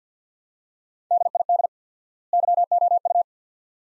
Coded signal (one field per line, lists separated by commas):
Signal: Morse code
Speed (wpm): 50 wpm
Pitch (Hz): 700 Hz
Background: none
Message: DID YOU